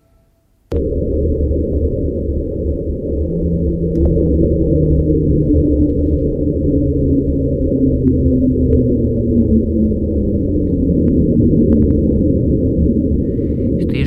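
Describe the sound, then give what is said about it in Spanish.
A loud, steady underwater rumble from an ocean recording made in Antarctica in 1997 starts abruptly, and through it low tones glide slowly downward in pitch, several overlapping sweeps drifting down over about ten seconds, with no voices. “Le ponen este nombre, como podríamos traducir, reducir la velocidad, o porque hay un descenso en la frecuencia y entonces lo llaman así. Viene de la Antártida y si quieres lo escuchamos y ahora damos la teoría que ellos apuntan.”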